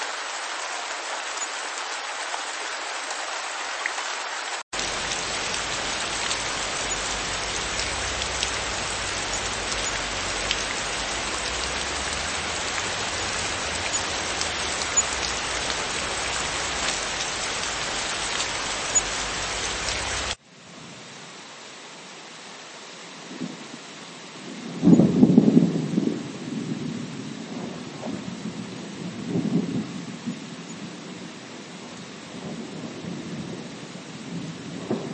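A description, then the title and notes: Steady, dense rain hisses for the first twenty seconds, with a brief cut near five seconds where a low rumble joins the patter. Around twenty seconds the sound drops to a quieter, darker scene, and from about twenty-five seconds a louder low rumble swells and lingers, like thunder. RAINING (NATURAL SOUND).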